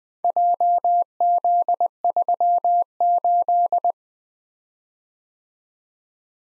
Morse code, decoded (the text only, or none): JZ38